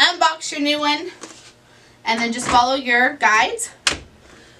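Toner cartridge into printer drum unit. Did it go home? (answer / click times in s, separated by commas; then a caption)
yes / 3.9 s. A new plastic toner cartridge for a Brother HL-L6200dw printer is slid along the guides into the drum unit and pressed home while someone talks. One sharp click is heard at 3.9 s, which shows the cartridge is installed correctly in the drum unit.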